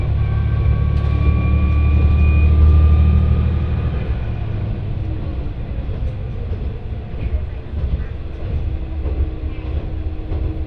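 A train rumbles along the Etsumi-Hoku Line with a steady deep drone, a heavier low surge until about four seconds, and faint whining tones.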